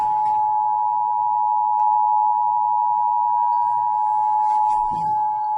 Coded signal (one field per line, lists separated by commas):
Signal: Emergency Alert System (SAME) tones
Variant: 853 and 960 Hz attention tone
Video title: I EXPECTED DFW WARNINGS... EAS Alerts from 7/6/25 (EAS#4,237 - #4,243)